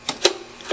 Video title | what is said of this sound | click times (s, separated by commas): Replace The Intake Gasket 1998-2007 Ford Crown Victoria / Mercury Grand Marque 4.6 Liter | just take the line, put it into the fitting, push it until you hear a snap, and | 0.1 s, 0.2 s